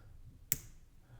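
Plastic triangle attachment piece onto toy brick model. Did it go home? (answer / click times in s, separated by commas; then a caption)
yes / 0.5 s. A plastic triangle attachment piece is pressed onto a LEGO brick build of The Burrow's patio roof, where it sits front and center above the door frame. Against a quiet low rumble, a single sharp, bright snap rings out at 0.5 s and fades quickly. The piece clicks in and is seated.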